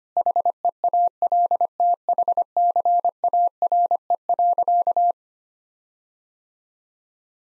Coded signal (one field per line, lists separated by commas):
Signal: Morse code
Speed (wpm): 25 wpm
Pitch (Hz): 700 Hz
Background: none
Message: HEALTHCARE.